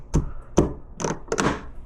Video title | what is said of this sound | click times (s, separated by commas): POV Let's Fix a BMW! 2016 F25 N20 X3 28i Diff Fluid | click into place | 1.4 s